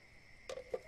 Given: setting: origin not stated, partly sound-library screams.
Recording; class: one-second piece from a danger detection set; normal situation